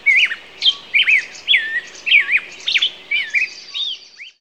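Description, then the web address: Bird song: clear whistled chirps and slurred notes sweeping up and down, given in quick succession. Birds singing at dawn. "SKY IM-U 160 K Ringtones ETC Birds in the Dawn"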